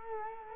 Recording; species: mosquito wingbeat signal from an infrared sensor; Culex quinquefasciatus